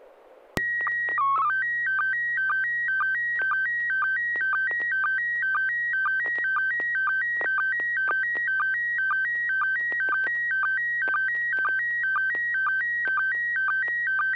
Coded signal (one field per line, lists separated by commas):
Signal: SSTV (slow-scan television)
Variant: PD 120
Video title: N6NA SSTV Net - 12/18/2024